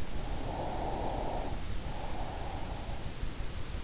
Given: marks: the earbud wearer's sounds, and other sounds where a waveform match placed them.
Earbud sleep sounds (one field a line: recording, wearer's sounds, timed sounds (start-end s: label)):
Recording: sounds in sleep by an in-ear microphone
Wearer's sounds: breath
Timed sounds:
0.01-3.25 s: breath